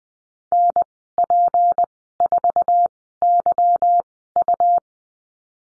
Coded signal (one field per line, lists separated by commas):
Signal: Morse code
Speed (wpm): 20 wpm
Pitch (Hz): 700 Hz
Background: none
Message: NP4YU